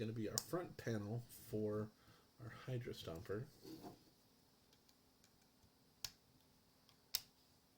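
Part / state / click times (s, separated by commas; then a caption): plastic brick front panel onto the mech build / seated / 7.2 s. Someone talks while holding the plastic LEGO brick front panel of the Hydra Stomper, then presses it onto the mech build. After a few faint ticks and a sharp tap near 6.1 s, the panel snaps on with a sharp, satisfying click at 7.2 s and is seated.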